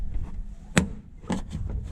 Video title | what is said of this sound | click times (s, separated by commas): Putting New rear shocks in a 1999 Ford Taurus...... | Hear it pop, pop, just like so, and then you can pull it out. | 0.8 s